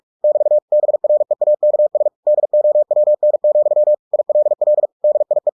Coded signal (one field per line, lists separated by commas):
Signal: Morse code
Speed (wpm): 46 wpm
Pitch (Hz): 600 Hz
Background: none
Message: <BT> BREAKS DOWN, ILL DIE